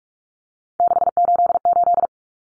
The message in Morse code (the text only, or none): 688